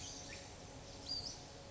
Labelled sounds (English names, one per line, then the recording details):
Western Flycatcher
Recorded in Sonoma County, California